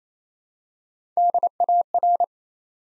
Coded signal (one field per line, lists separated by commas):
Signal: Morse code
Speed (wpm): 28 wpm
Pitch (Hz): 700 Hz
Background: none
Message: DAR